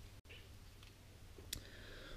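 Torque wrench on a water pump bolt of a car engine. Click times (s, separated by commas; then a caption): 1.5 s. A small torque wrench tightens one of the three water pump bolts on the aluminium engine block of an Audi A3 8P 2.0 TFSI 200 Quattro to 15 Nm during a timing belt and water pump replacement. A faint tick comes at 0.8 s, then the wrench gives a sharp click at 1.5 s as it reaches the 15 Nm setting, confirming the bolt is torqued.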